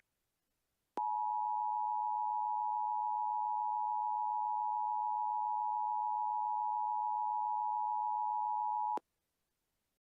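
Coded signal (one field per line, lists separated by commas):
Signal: Emergency Alert System (SAME) tones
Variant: 853 and 960 Hz attention tone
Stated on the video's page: Mock EAS scenario, fictional alert about giant Easter bunnies; not a real alert.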